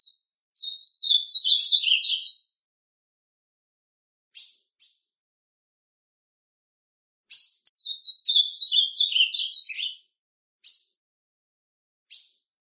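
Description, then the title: Ultramarine grosbeak song repeated twice, each a two-second run of sweet slurred whistles dropping in pitch, with soft isolated chips between phrases. Classic song style. "Azulão Canto Clássico"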